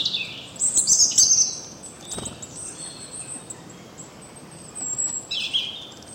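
Birds twittering with high, fast chirps, a dense burst early on, then a pause before a second short flurry.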